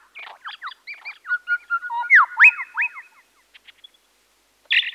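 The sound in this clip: Birds twittering with quick chirps and a steady whistled note, then a pause and a sudden harsh burst.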